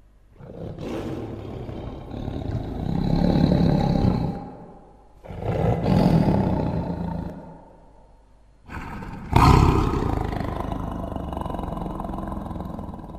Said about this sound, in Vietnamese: Đúng lúc ấy, từ bên kia bỗng nhiên vang lên tiếng hổ gầm đến rung chuyển cả núi rừng.